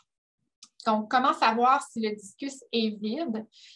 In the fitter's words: fois terminée on va venir fermer le bouchon de l'inhalateur en déplaçant le couvercle jusqu'à temps que vous entendez un des clips donc